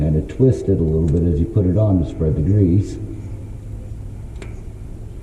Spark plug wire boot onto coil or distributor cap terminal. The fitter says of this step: You hear that click? Yes, I do. Okay.